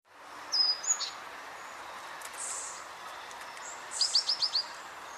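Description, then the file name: Great tit giving thin high notes, first a short whistle, then a quick string of five brief descending notes, over a soft hiss. "Parus major"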